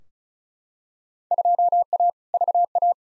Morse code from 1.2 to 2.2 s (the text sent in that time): 2A